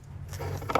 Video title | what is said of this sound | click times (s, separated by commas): TCL REPAIRS -- HOW TO REPLACE LOWBEAM HEADLIGHT BULB ON 2011-2017 HONDA ODYSSEY | push it in until you hear the click | 0.7 s, 0.8 s